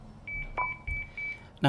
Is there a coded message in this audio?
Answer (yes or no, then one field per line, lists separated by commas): no